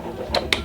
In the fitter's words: Oh, good job, we heard it snap in place.